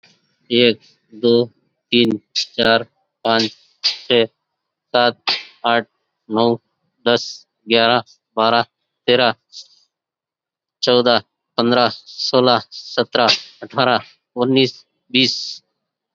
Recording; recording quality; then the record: counting at a normal pace; excellent, no background noise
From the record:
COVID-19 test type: RT-PCR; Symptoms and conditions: diabetes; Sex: male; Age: 49 years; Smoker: no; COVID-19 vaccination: both doses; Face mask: worn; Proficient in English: yes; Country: India